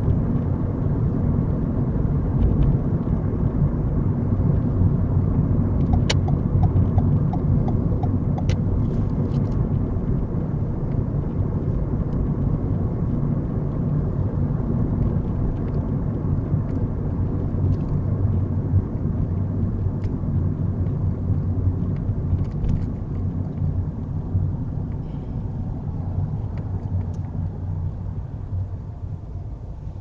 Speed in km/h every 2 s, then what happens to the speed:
45, 45, 44, 44, 44, 44, 44, 44, 39, 34, 31, 24, 19, 11, 6.
0-14 steady at about 44. 14-30 slows to 6.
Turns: none.